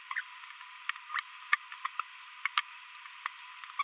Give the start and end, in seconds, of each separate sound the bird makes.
1.15-1.20, 3.79-3.82